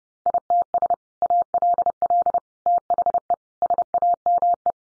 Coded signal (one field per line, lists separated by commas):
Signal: Morse code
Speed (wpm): 30 wpm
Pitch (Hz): 700 Hz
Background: none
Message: ITS ALL THE SAME